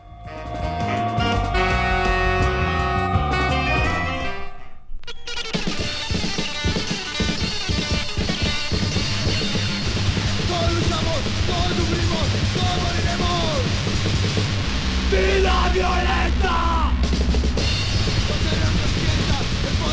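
A crude, lo-fi punk rock song blasts at a steady loud level, with dense distorted guitars, pounding drums and shouted vocals, after a brief opening section that cuts out for a moment.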